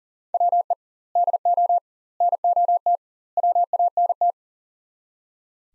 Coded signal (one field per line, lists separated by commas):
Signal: Morse code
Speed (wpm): 40 wpm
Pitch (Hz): 700 Hz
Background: none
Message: WE DO NOT WANT